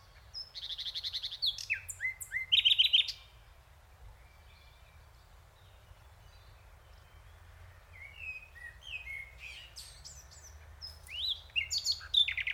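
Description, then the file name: Common nightingale delivering varied phrases: a loud fast rattle of repeated notes, a pause, then soft rising whistles building to another quick chattering burst. "Luscinia megarhynchos"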